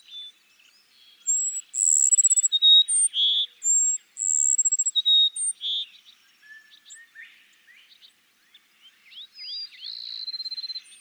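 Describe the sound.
Cassin's sparrow song: a long sequence of high whistles, trills and clear notes, followed by softer twittering and a quieter final phrase.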